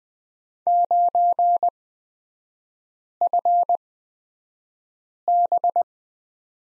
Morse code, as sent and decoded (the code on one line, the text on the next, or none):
----. ..-. -...
9FB